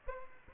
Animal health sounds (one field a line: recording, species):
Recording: mosquito wingbeat signal from an infrared sensor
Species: Aedes aegypti